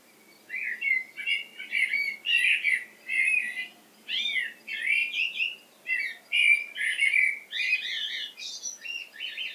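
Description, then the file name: Common blackbird uttering a long run of rasping, squeaky chatter notes in uneven bursts, nearly continuous for most of the stretch. "Turdus merula"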